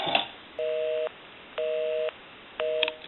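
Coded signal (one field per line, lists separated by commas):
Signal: telephone call progress tone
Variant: North America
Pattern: busy tone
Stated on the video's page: Tone heard during checkout and repair of a Western Electric Princess telephone.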